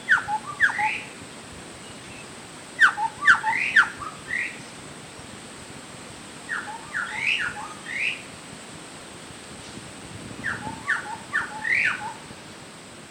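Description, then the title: Bird song in short bursts of sweet whistled notes, sliding up and down, given in four separate phrases over steady hiss. "burung"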